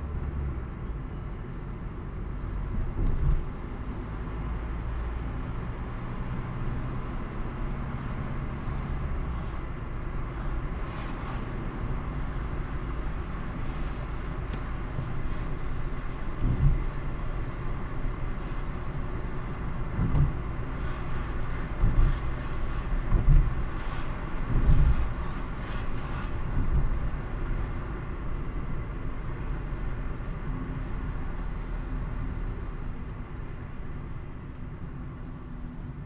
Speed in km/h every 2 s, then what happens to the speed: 34, 40, 41, 44, 47, 54, 55, 55, 53, 56, 55, 55, 52, 50, 48, 44, 39, 34.
0-10 speeds up to 54. 10-18 steady at about 55. 18-36 slows to 34.